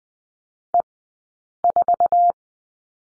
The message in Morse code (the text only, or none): E 4